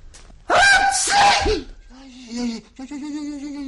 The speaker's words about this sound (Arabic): ويحك، ما هذا الذي فعلت؟ عطست. عطست؟ أكل هذه عطسة؟ حسبتها صدعت بنيانك.